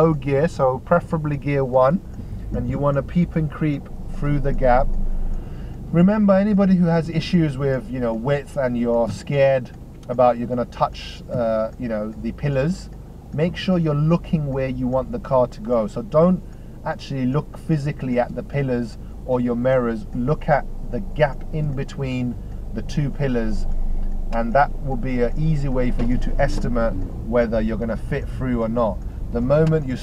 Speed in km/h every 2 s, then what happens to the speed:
2, 3, 3, 0, 0, 0, 0, 0, 0, 0, 0, 3, 6, 6, 2.
0-5 steady at about 3. 5-21 standing. 21-26 steady at about 6.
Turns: none.